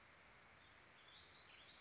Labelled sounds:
Western Flycatcher

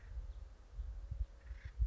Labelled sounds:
Acorn Woodpecker

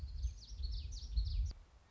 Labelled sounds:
Common Yellowthroat

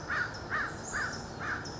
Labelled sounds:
American Crow

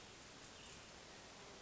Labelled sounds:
Hermit Thrush

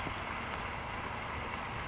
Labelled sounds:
California Towhee

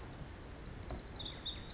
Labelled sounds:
Pacific Wren

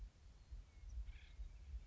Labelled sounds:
Acorn Woodpecker

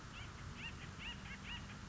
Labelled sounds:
Acorn Woodpecker

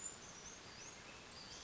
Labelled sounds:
Western Flycatcher

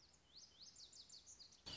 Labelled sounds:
Lazuli Bunting

